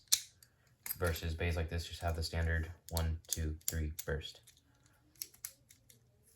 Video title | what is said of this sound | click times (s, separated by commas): Some Beyblade Stuff | this one this entire first part is just free moving until you get to one super solid click versus | 0.1 s